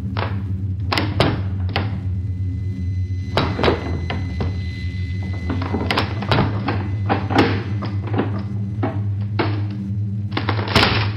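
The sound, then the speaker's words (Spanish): Heavy, irregular blows strike the door of a smoking house as police force it open, a dozen or so loud thuds and bangs over a steady low rumble, with no one speaking. “Por fin, con un fuerte golpe, se abre la puerta.”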